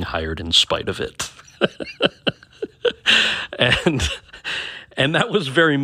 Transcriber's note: laughter